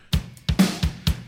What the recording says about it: I still got this dreadful cough after having had COVID.